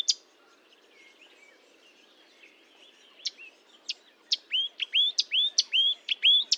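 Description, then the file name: Marsh warbler song: faint soft twitters, then a quick series of bright whistled notes. Recorded at Fontaine-Française (Fourneau), France, on 1 June 2022 at 10:55, with a Nagra recorder and Telinga microphone. "Rousserolle verderolle 1055 Fontaine-Francaise-Fourneau"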